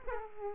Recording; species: mosquito wingbeat signal from an infrared sensor; Aedes aegypti